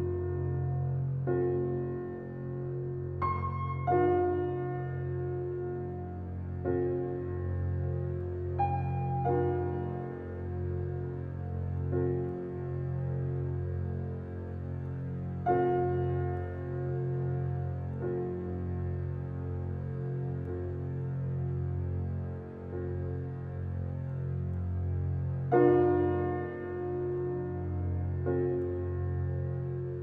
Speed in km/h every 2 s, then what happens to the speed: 102, 102, 102, 101, 101, 101, 100, 100, 100, 100, 100, 100, 100, 101, 101.
0-30 steady at about 101.